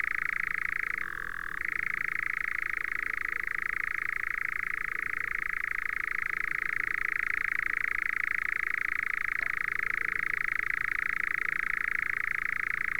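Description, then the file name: European nightjar giving a long, even, rattling churr that dips briefly in pitch early on and then runs on unchanged for the rest of the recording. "engoulevent d europe"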